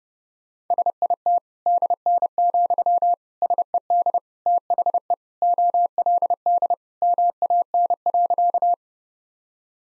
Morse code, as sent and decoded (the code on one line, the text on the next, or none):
... .. - / -.. -. --..-- / ... . -.. / - .... . / --- .-.. -.. / -- .- -. .-.-.-
SIT DN, SED THE OLD MAN.